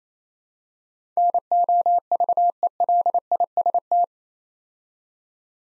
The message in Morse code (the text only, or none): NOVELIST